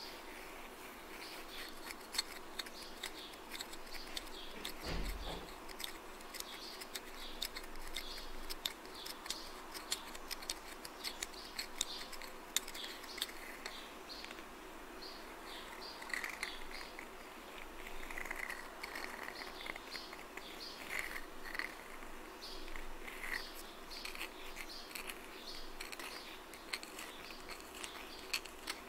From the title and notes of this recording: ASMR Scratching & Tapping!